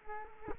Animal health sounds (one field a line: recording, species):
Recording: mosquito wingbeat signal from an infrared sensor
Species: Culex quinquefasciatus